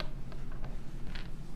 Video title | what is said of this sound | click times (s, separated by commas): How to make Mixed Media Jewellery - JewelleryMaker LIVE (AM) 27/05/2014 | three and it is that simple so they lock into place | 0.0 s